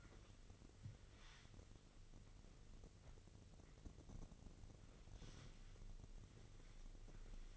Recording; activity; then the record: daily activity, microphone in the room; wipe stove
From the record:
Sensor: 4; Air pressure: 1002.4 hPa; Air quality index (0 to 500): 217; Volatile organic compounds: 12 ppm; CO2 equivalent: 2348 ppm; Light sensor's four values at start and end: 19/67/24/24 and 19/67/24/24